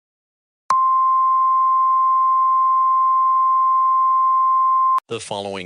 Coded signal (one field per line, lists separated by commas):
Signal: Emergency Alert System (SAME) tones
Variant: 1050 Hz attention tone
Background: speech